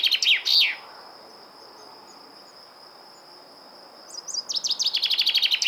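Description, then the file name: Common chaffinch song fragments: the tail of a fast descending trill with a final flourish, a long pause with a thin steady high tone, then a new rattling trill starting. "Fringilla coelebs"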